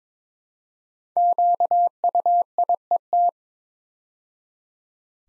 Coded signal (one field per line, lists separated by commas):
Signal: Morse code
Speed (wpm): 22 wpm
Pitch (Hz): 700 Hz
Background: none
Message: QUIET